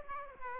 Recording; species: mosquito wingbeat signal from an infrared sensor; Aedes aegypti